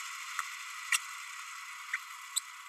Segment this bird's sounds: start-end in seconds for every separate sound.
0.92-0.98, 1.93-1.97, 2.36-2.40